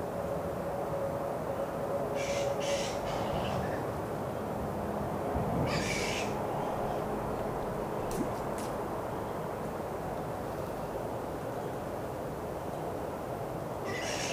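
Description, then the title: Flying foxes give scattered rasping screeches, a few bursts spaced several seconds apart, while traffic drones throughout. Flying fox colony at Carrington Mangroves just before dusk, with traffic. "Carrington Mangroves. Bat colony just before dusk"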